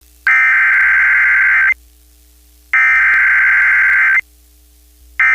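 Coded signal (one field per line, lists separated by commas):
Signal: Emergency Alert System (SAME) tones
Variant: header bursts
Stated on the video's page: Flash flood warning activation on a broadcast station, captured near Durham, North Carolina.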